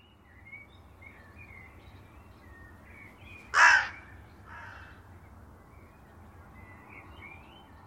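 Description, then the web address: Bird giving one loud, harsh caw midway through, followed by a fainter note, with soft high chirps from other birds and a steady low rumble throughout. "cianscape. Deverinetal. Bird Only"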